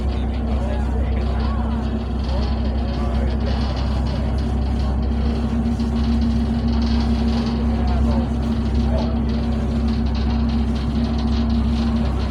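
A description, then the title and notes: Aboard a ferry crossing from Amsterdam North to Central Station, a steady low engine drone with a constant hum runs throughout, unchanging. Ferry from Amsterdam North to Central Station.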